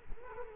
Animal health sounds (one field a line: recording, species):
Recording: mosquito wingbeat signal from an infrared sensor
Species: Culex quinquefasciatus